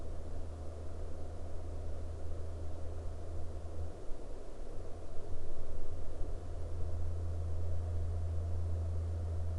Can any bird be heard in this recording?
no